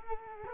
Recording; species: mosquito wingbeat signal from an infrared sensor; Culex quinquefasciatus